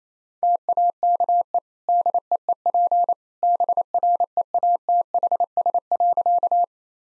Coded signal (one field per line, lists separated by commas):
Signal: Morse code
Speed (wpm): 27 wpm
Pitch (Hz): 700 Hz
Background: none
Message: TAKE DEEP BREATHS.